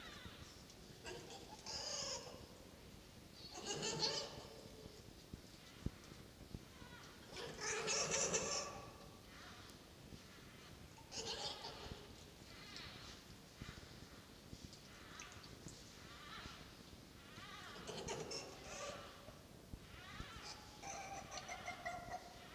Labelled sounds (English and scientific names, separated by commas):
Red Fox (Vulpes vulpes)